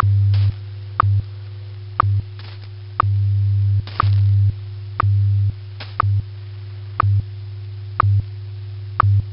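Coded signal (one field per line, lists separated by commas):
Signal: radio time signal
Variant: WWVH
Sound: sharp tick each second over a low steady hum that lengthens and shortens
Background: faint radio static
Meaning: Each tick marks one second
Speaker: the audio signal heard on the wwvh radio broadcast is available by telephone including all time time code audio frequency and announcement information heard on the broadcast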